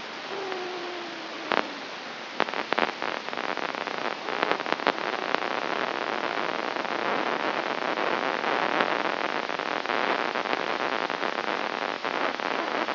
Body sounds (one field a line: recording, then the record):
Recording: brain microelectrode recording played as sound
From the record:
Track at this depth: inside the subthalamic nucleus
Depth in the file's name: 4.738 mm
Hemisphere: right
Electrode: 3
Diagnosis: Parkinson's disease